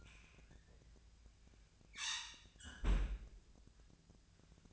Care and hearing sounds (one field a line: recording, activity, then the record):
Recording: daily activity, microphone in the room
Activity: close fridge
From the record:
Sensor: 2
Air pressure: 1009.5 hPa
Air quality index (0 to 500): 186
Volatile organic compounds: 11 ppm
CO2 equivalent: 2314 ppm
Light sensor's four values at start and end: 26/64/28/30 and 26/64/28/30